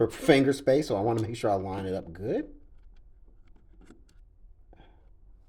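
A micro SD card is being lined up with the narrow card slot of a night vision monocular before being pushed in. Someone talks for about the first two and a half seconds, followed by small, faint contact ticks around 3.5, 3.9, 4.1 and 4.7 seconds. The card has not seated or clicked yet.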